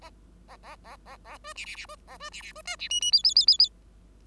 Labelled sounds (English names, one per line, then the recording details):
Bengalese Finch song
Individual Bird5